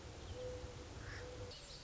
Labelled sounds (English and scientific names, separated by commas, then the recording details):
Mourning Dove (Zenaida macroura)
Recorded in Sonoma County, California